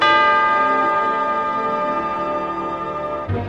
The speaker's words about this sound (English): As a matter of fact, they were still dancing when the big clock started to strike midnight.